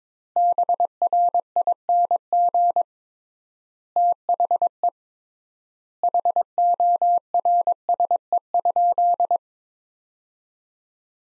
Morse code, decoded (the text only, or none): BRING THE HORSE?